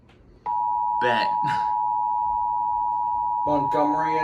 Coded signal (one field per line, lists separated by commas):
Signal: Emergency Alert System (SAME) tones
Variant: 853 and 960 Hz attention tone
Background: speech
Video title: BIG TIME KWO35... EAS Alerts from 7/22-23/20 (EAS 3151-3228)